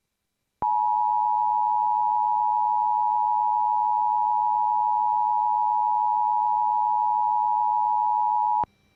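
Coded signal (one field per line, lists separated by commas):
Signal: Emergency Alert System (SAME) tones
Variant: 853 and 960 Hz attention tone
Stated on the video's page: Fictional EAS scenario, not a real broadcast, which may or may not contain valid EAS tones.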